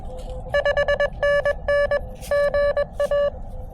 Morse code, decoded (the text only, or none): 5NN GA